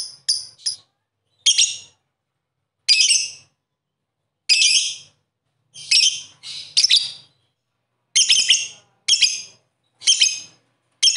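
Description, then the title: Bird chirping in a long series of short, ringing, buzzy notes, single or paired, repeated roughly every second with brief pauses. "Kicau Burung"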